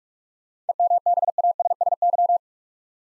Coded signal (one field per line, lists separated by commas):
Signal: Morse code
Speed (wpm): 44 wpm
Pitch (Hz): 700 Hz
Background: none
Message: EMBASSY